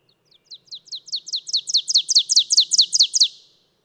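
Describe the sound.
Bird singing a fast, even series of many high downslurred chips, building in volume through the phrase.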